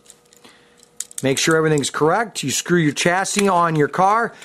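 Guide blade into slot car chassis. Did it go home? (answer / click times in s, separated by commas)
yes / 1.0 s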